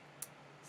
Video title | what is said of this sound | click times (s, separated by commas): April 2020 Unboxing: Best Bead and Best Bead XL Subscription Boxes - by PotomacBeads | hear that click they click in there you push back on the little lever and you put that in there | 0.2 s